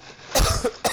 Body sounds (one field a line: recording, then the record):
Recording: coughing mixed with background sound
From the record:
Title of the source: Coughing 79